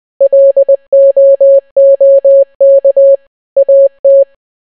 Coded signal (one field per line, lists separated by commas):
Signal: Morse code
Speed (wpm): 20 wpm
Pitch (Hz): 550 Hz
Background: none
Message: LOOK AT